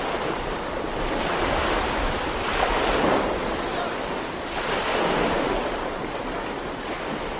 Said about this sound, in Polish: Proszę posłuchać. Słyszą państwo? To morze. Proszę posłuchać, bo w Polsce szumu Bałtyku państwo już nie usłyszą.